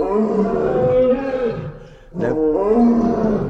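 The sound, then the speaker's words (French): A lion and a tiger roar together, deep harmonic bellows overlapping in a sustained, loud chorus that dips briefly before swelling again. “Nous avons en même temps lion et tigre là. C'est un petit concert.”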